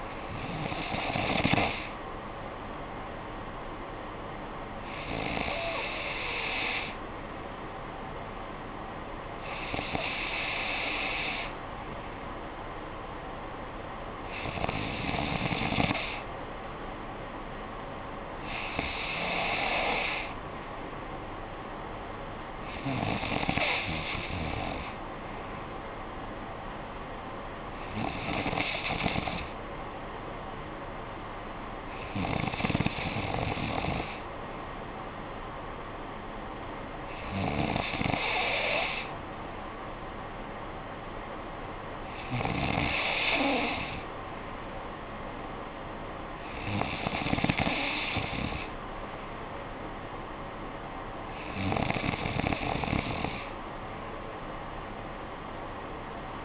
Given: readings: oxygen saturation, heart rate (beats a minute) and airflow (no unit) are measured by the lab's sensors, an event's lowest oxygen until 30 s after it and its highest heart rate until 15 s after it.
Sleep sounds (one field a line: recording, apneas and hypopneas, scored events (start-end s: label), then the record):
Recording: breathing in sleep by a voice recorder at the bedside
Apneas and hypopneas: none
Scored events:
45.00-56.44 s: new sleep stage, awake
47.00-56.44 s: awake
From the record:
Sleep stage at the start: N3 (deep sleep)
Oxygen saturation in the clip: 94 to 95%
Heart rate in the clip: 54 to 63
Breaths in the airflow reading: 12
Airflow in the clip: -8.6 to 5.7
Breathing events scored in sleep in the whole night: 445 in 7.6 hours asleep